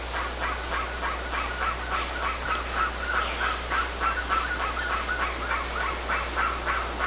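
Bird producing a continuous chatter of harsh, rapidly repeated clucking notes at an even pace, with a background hiss.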